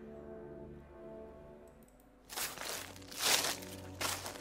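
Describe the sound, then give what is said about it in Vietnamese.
Dry rustling and crinkling bursts, like someone rummaging through things, come in uneven surges after a quiet, low tonal hum in the opening two seconds. “Bên trong vẫn có tiếng động phát ra như ai đó đang lục lọi, loạt soạt, cái gì vậy?”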